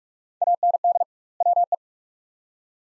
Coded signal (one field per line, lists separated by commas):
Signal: Morse code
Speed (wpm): 43 wpm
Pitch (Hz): 700 Hz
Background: none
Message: AND WE